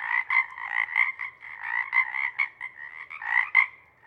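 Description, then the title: Pacific chorus frogs giving a full chorus of overlapping raspy croaks, nearly continuous throughout. Chorus at a pond in pre-morning twilight as night wanes; temperature torpor sets in and individuals leave to hunt; full chorus breaks into waves circling the pond, then staccato sections tapering away. "Chorus Frogs, Chorus Waxes and Wanes, pre-morning-twilight"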